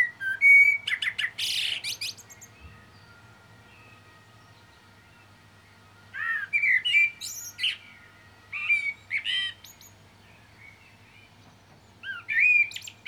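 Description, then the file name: Common blackbird song: repeated phrases of rich fluted whistles mixed with squeaky high chatter, separated by silences. "Turdus merula"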